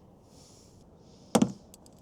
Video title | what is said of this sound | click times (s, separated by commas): How To Install BASENOR Tesla Model 3 Mud Flaps - Super Easy - NO TOOLS NECESSARY! | out oh that one just popped right out okay | 1.3 s